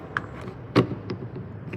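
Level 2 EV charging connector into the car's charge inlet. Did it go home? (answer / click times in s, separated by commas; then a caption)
no / none. A Level 2 charging cord connector is handled at the charge inlet of a rear-wheel-drive Mach-E car, producing a sharp tick near 0.2 s, a louder low knock around 0.8 s, and lighter taps near 1.1 s and 1.7 s over a quiet background. The connector has not seated or clicked into the inlet yet.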